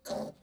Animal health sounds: pig call; piglet (1 to 25 days)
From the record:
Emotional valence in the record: negative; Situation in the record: restrain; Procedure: back test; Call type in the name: low-frequency call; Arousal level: medium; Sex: female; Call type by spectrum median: low-frequency call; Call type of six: low-frequency stable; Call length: 0.43 s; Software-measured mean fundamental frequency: 56 Hz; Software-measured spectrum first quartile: 481 Hz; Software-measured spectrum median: 735 Hz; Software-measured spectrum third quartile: 2784 Hz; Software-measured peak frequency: 585 Hz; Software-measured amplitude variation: 217 dB a second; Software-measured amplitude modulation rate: 19.8 a second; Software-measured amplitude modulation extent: 11.0 dB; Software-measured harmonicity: 2.9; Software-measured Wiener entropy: -2.84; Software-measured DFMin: 1922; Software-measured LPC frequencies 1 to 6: 599, 4357, 5326, 6355, 7640, 10132 Hz

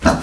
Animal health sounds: pig call; growing-finishing pig (85 days or more)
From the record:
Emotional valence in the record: positive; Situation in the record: enriched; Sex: male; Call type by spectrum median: low-frequency call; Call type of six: low-frequency tonal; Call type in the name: low-frequency modulated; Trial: 3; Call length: 0.23 s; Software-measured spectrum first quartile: 261 Hz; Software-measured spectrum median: 649 Hz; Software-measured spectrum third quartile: 1392 Hz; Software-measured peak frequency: 244 Hz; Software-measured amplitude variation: 171 dB a second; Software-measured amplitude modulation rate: 10.7 a second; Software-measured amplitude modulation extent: 16.0 dB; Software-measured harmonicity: -0.4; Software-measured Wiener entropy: -1.09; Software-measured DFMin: 658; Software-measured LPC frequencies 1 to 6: 599, 1485, 2626, 4112, 4968, 5711 Hz

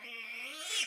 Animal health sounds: pig call; piglet (1 to 25 days)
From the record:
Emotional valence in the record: negative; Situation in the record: restrain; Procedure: in the arms of a person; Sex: female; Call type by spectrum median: high-frequency call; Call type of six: high-frequency stable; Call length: 0.88 s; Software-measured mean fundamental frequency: 333 Hz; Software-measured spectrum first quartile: 2690 Hz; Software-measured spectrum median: 3524 Hz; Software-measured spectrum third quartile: 6481 Hz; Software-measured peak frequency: 2744 Hz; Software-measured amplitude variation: 109 dB a second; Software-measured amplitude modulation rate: 23.4 a second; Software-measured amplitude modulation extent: 4.7 dB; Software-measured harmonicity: 4.7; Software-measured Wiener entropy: -2.26

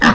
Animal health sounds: pig call; piglet (1 to 25 days)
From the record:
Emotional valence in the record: positive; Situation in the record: reunion after long isolation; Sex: female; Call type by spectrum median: low-frequency call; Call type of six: low-frequency tonal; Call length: 0.15 s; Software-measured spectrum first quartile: 331 Hz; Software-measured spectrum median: 1037 Hz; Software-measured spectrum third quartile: 1777 Hz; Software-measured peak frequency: 225 Hz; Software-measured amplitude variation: 97 dB a second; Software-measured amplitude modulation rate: 10.1 a second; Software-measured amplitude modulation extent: 9.7 dB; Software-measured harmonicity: 1.5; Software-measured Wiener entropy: -1.07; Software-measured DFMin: 865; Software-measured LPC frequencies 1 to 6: 1183, 1762, 2821, 3531, 5180, 6174 Hz

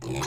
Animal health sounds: pig call; weaner (32 to 43 days)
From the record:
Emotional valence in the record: negative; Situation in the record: short isolation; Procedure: open field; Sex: female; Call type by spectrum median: low-frequency call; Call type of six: mixed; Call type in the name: high-frequency modulated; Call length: 0.28 s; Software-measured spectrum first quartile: 279 Hz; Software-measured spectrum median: 924 Hz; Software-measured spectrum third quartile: 3273 Hz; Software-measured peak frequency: 337 Hz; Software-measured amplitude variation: 95 dB a second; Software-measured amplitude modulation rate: 19.8 a second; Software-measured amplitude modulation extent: 4.8 dB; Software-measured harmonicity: 1.1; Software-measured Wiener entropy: -2.98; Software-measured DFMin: 704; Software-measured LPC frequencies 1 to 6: 787, 2418, 3488, 4138, 5109, 5913 Hz

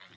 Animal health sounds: pig call; piglet (1 to 25 days)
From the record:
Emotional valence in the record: positive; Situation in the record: short reunion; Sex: female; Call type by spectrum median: low-frequency call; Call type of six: low-frequency tonal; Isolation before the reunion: 3 minutes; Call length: 0.17 s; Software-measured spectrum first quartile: 1319 Hz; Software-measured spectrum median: 2142 Hz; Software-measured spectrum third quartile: 3464 Hz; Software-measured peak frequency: 2087 Hz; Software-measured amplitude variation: 100 dB a second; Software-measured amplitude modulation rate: 15.1 a second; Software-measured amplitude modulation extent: 6.6 dB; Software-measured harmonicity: -0.3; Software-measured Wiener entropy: -0.82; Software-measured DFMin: 935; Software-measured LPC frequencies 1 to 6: 1486, 2001, 3062, 3607, 5205, 6751 Hz

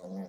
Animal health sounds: pig call; piglet (1 to 25 days)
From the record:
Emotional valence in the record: negative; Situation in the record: long isolation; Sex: male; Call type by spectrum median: low-frequency call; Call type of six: low-frequency stable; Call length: 0.29 s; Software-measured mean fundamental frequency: 65 Hz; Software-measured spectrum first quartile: 193 Hz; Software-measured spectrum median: 295 Hz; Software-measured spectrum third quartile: 589 Hz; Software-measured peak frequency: 195 Hz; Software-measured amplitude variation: 102 dB a second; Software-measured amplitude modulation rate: 8.7 a second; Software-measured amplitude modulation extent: 11.8 dB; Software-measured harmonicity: 5.1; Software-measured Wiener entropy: -0.16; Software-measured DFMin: 1270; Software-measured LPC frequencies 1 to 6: 553, 1919, 4062, 5149, 5761, 6749 Hz

